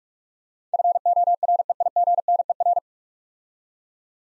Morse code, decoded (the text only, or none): FOREIGNER